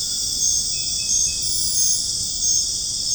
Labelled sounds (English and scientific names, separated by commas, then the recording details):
none
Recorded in dense forest near Puerto Asís, Putumayo, Colombia, on 25 June 2025 at 21:30
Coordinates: 0.481, -76.323
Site G072